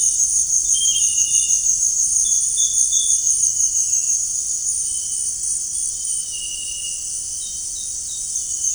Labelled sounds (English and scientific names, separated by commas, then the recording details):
none
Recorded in dense forest near Puerto Asís, Putumayo, Colombia, on 23 June 2025 at 18:00
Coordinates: 0.481, -76.323
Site G072